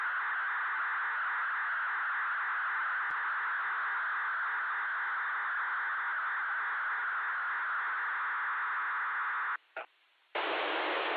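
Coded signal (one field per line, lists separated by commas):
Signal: digital SSTV (DRM)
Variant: KG-STV, MSK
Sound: steady rushing digital hiss for ten seconds, cut off, then a brief burst of static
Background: FM squelch static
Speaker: maintenant je vais passer un troisième le troisième passage à un essai dans un endroit beaucoup plus dégagée dans les champs pour voir effectivement ce que ce que ça donne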